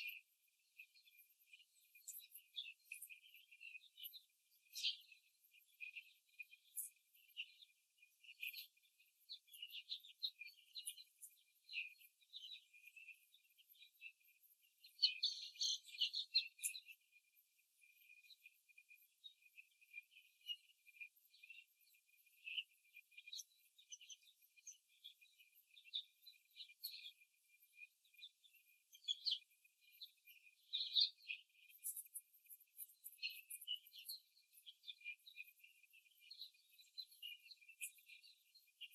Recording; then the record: young laying hens in a cage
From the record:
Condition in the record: before the stressor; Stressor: simulated dog barking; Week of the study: 3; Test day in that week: 2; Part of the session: 1